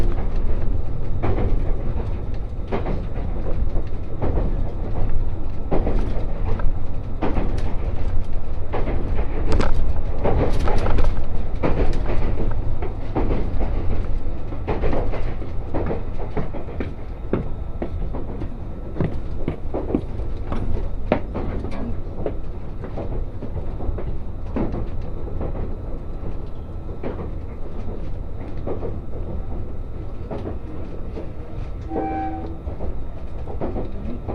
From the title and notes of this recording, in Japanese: 五能線 深浦→岩館 リゾートしらかみ4号。深浦を出ると再び日本海を高い位置から眺めながら走っていきます。